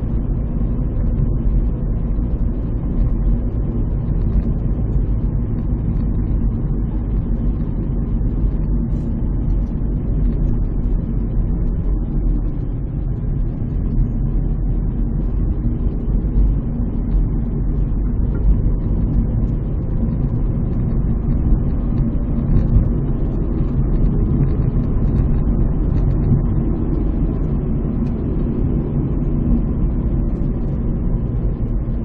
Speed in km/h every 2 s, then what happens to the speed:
42, 41, 39, 37, 36, 29, 33, 37, 41, 46, 50, 54, 56, 51, 48, 42.
0-11 slows to 29. 11-23 speeds up to 56. 25-29 brakes to 42.